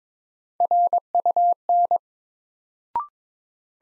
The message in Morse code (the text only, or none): RUN